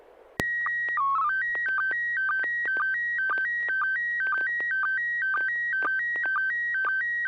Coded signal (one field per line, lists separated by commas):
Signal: SSTV (slow-scan television)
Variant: PD 120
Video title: N6NA SSTV Net - 10/04/2023